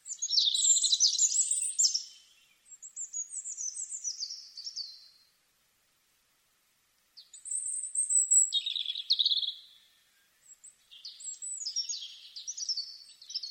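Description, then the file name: European robin song in separate bursts: shrill, tumbling twittered phrases with sharp thin whistles, each lasting a few seconds and parted by short silences. "Erithacus rubecula"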